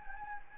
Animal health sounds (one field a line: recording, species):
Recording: mosquito wingbeat signal from an infrared sensor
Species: Anopheles gambiae